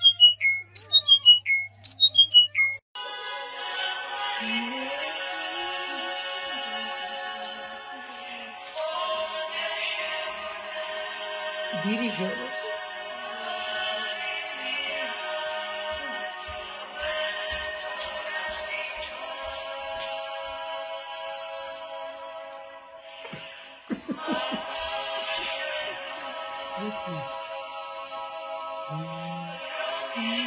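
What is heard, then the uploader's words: Birds sing in quick, bright, falling chirps for the first three seconds. Then a dense, steady wall of layered high tones takes over and holds nearly unbroken, dipping briefly around 23 seconds. Soft low taps and thumps sit underneath, mostly between 16 and 19 seconds. Birds sing (low quality).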